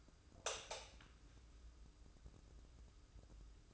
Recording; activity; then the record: daily activity, microphone in the room; light on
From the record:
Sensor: 2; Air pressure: 995.1 hPa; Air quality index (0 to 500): 67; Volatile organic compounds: 2 ppm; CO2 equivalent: 1159 ppm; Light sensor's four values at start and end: 8/18/7/8 and 12/35/14/14